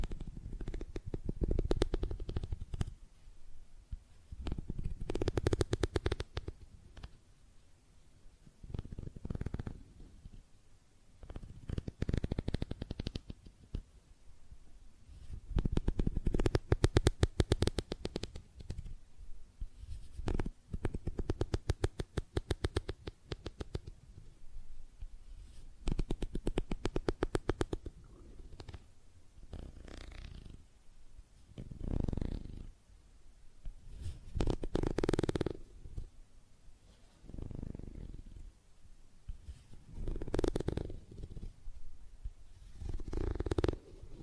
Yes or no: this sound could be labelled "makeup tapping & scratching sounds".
yes